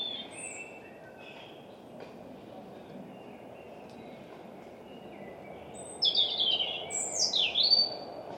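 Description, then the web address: European robin song: faint high notes early amid a steady background hush, then a loud burst of bright, tumbling, downward-sliding phrases in the last few seconds. "Deverinetal 2025 Bird Only Er Ru"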